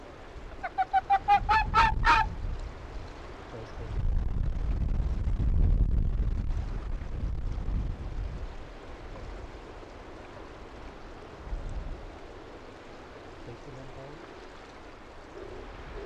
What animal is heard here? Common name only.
Arctic Fox